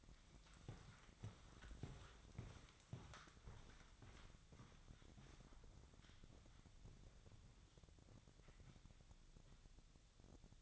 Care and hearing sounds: daily activity, microphone in the room; walk to room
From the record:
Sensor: 3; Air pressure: 999.4 hPa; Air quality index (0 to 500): 195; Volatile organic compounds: 42 ppm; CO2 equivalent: 3182 ppm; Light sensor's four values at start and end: 8/19/7/7 and 8/19/8/7

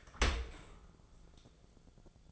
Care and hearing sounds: daily activity, microphone in the room; open dishwasher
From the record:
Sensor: 5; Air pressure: 1000.6 hPa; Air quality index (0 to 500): 152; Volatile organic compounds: 2 ppm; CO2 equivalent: 1165 ppm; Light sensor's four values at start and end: 42/96/41/44 and 42/97/41/44

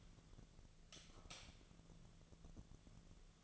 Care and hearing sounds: daily activity, microphone in the room; light off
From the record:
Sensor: 4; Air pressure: 1000.8 hPa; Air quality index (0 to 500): 125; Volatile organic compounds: 1 ppm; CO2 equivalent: 936 ppm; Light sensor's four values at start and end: 37/94/39/42 and 35/84/35/38

